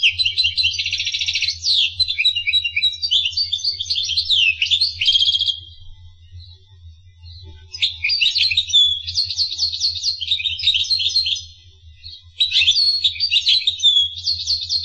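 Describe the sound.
Finch song: long, busy, high-pitched warbling of trills, buzzes and chips in three extended phrases separated by brief gaps, with a low steady hum.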